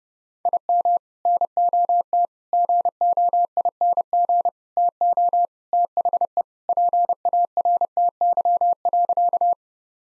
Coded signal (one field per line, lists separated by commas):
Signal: Morse code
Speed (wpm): 30 wpm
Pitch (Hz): 700 Hz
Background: none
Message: IM NOT GOING TO THE PARTY.